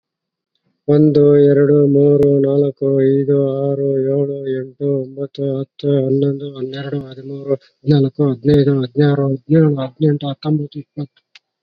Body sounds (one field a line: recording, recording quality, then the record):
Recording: counting at a normal pace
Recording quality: excellent, no background noise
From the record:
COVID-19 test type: RT-PCR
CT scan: not taken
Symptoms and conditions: cough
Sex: male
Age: 40 years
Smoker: yes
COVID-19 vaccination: none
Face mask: worn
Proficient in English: yes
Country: India